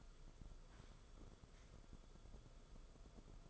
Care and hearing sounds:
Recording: daily activity, microphone in the room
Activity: sit down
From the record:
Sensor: 5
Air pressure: 994.6 hPa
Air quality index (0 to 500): 185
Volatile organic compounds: 1000 ppm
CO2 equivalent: 5406 ppm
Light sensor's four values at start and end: 22/55/23/27 and 23/57/24/28

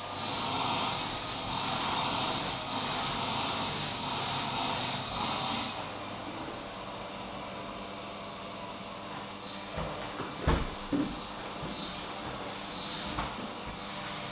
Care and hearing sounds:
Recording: daily activity, microphone in the room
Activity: vacuum cleaning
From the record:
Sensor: 1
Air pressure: 988.7 hPa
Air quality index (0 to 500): 198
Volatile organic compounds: 986 ppm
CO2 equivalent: 5282 ppm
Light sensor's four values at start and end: 25/92/35/36 and 25/92/35/36

